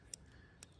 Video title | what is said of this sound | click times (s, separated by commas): Leatherman Wave Plus - A Gentleman’s Best Friend | And you have a lock release right there. You can hear that click. | 0.1 s, 0.6 s